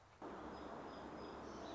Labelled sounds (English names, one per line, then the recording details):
Song Sparrow
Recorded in Sonoma County, California